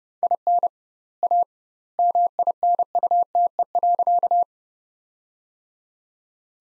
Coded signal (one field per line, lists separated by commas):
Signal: Morse code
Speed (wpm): 32 wpm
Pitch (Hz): 700 Hz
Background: none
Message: IN A MINUTE.